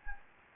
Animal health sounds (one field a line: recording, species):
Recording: mosquito wingbeat signal from an infrared sensor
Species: Anopheles gambiae